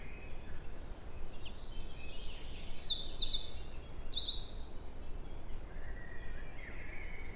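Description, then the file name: Eurasian wren delivering an explosive high trilling song with quick rattled phrases for several seconds, followed by fainter twitters. "Troglodytes troglodytes"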